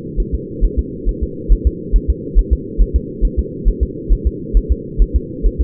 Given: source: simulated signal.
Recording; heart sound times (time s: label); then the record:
fetal heart sounds
0.20 s: S1
0.34 s: S2
0.65 s: S1
0.79 s: S2
1.09 s: S1
1.23 s: S2
1.53 s: S1
1.67 s: S2
1.96 s: S1
2.10 s: S2
2.39 s: S1
2.53 s: S2
2.82 s: S1
2.96 s: S2
3.25 s: S1
3.39 s: S2
3.69 s: S1
3.83 s: S2
4.13 s: S1
4.27 s: S2
4.57 s: S1
4.72 s: S2
5.02 s: S1
5.16 s: S2
5.46 s: S1
5.61 s: S2
From the record:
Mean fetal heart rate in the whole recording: 135 bpm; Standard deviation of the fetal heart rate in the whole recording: 3 bpm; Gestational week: 36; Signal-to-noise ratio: -4.1 dB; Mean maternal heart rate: no maternal heart sound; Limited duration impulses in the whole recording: absent